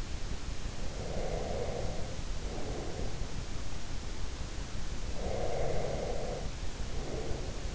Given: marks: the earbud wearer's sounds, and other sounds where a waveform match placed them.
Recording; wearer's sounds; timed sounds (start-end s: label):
sounds in sleep by an in-ear microphone; breath
0.81-3.43 s: breath
5.12-7.75 s: breath